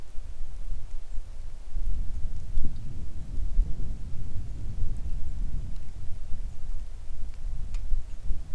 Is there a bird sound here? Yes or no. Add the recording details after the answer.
yes. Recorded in the Arctic National Wildlife Refuge, Alaska, on 3 August 2019 at 10:03. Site 41